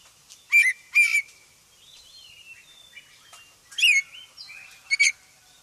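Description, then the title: Magpie-robin song in short bursts of high, clear whistled notes with quieter whistles between them. Black form ('kacer hitam'). "KACER HITAM"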